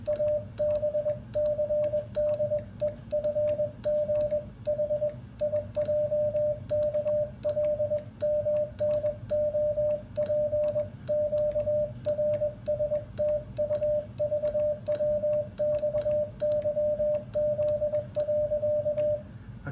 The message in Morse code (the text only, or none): ABCDEFGHIJKLMNOPQRSTUVWXYZ.